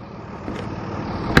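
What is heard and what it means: An emergency release cable is pulled to the right to free the front trunk lid latch on a Porsche Boxster with a dead battery. A low, steady rumbling background slowly grows louder until a sharp, loud pop at 1.4 s. The latch lets go and the front trunk is released.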